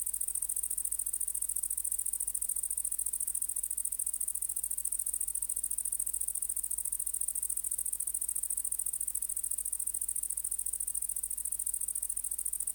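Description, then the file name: Great green bush-cricket song, a continuous high, hissing buzz made of fast rattling pulses that runs without a break for the whole stretch. "Tettigonia viridissima"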